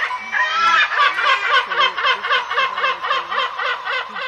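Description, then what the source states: Lesser Black-backed Gull calls: a steady rapid series of harsh, nasal laughing notes, roughly four per second, continuing without pause. Gulls perched above for-sale signs on empty houses in Belfast, Northern Ireland, exulting over the people below; British, Atlantic, Arctic or Baltic subspecies mentioned.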